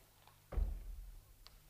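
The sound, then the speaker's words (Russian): A single heavy, muffled knock, dull and low like a thud from beneath the ground, coming from behind stacked crates, followed by a short rumbling decay and a couple of faint light ticks around it. “Стучит кто-то!”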